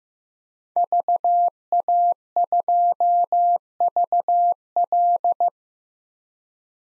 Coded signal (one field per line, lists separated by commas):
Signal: Morse code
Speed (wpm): 16 wpm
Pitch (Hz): 700 Hz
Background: none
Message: VA2VL